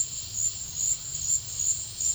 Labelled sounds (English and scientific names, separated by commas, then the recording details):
none
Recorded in secondary vegetation near Puerto Asís, Putumayo, Colombia, on 28 February 2025 at 14:00
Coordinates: 0.498, -76.327
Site G001